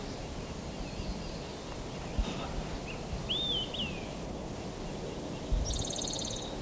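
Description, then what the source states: Spotted Towhee song, a short fast buzzy trill near the end, after a separate slurred whistled note from another bird and faint ambient noise. Song number three of a series counted aloud, recorded live on View Road in Stanislaus National Forest on 5 May 2018, with an ash-throated flycatcher in the background.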